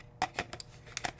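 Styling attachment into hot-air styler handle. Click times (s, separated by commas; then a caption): 0.2 s. A plastic styling attachment is pushed onto the handle of a hot-air styler wand and clicks and locks into place at 0.2 s. Several more short, sharp plastic clicks and taps follow at about 0.4, 0.5, 0.6, 1.0 and 1.1 s. The attachment ends up seated and locked.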